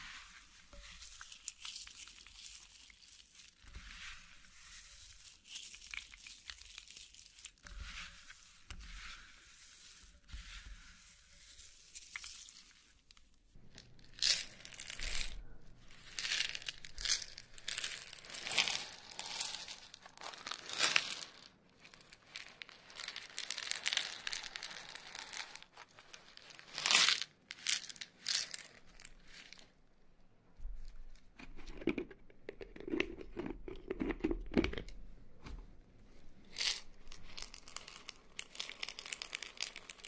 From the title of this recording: Hair roll